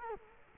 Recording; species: mosquito wingbeat signal from an infrared sensor; Culex quinquefasciatus